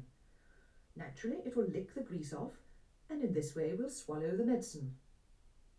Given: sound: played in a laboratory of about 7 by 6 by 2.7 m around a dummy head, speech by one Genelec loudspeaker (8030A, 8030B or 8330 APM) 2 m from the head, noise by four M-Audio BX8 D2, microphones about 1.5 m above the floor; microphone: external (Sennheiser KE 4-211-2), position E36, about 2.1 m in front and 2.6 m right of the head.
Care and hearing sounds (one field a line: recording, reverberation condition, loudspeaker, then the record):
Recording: female speech in English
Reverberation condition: low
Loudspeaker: 60 degrees to the left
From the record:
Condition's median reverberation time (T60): about 310 ms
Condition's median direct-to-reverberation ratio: about 3.5 dB